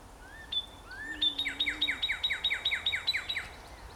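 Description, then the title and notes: Cardinal song: two rising whistled slurs, then a quick run of about ten clear down-slurred notes, each dropping steeply, several per second. Recorded on 16 April 2017. "170416_cardinal by Christie Mullen"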